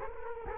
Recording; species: mosquito wingbeat signal from an infrared sensor; Culex quinquefasciatus